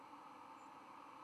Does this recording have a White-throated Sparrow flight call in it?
no